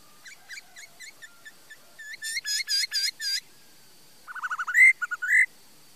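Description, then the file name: Laughingthrush song of short chirped notes, a run of louder hooked notes, then quick stuttering notes leading to two loud rising whistles. "Tieng khuou hot"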